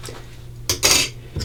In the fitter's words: Again, snap to open.